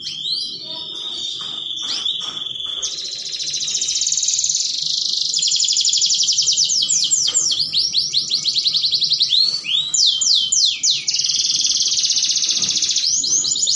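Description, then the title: Canary song that starts with a thin steady whistle, then bursts into loud buzzy rolls and repeated swooping trills that run on continuously. Belgian canary song used to warm up canaries and stimulate them for mating. "Canto Para Esquentar Canário Belga. Pancingan Suara Kenari Kawin"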